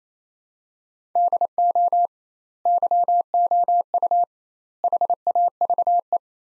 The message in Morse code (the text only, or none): DO YOU HAVE